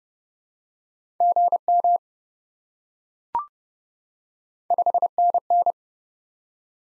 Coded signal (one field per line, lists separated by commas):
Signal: Morse code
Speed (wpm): 30 wpm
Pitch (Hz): 700 Hz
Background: none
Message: GM 5NN